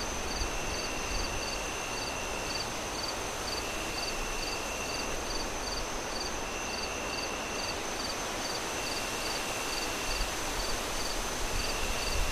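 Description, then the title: Cricket chirps, rapid evenly spaced high pulses, alongside a faint intermittent trill, heard through heavy roaring wind noise. Crickets chirping at night amid strong wind gusts through trees. "Relaxing Crickets Sounds On A Windy Night"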